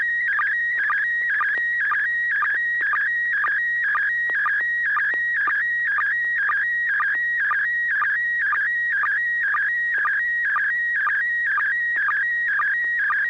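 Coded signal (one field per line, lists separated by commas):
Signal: SSTV (slow-scan television)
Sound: warbling whistle near 2 kHz with rhythmic chirping sync ticks, about two per second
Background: low hum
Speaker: we'll go ahead and roll with bob and six pg q go right ahead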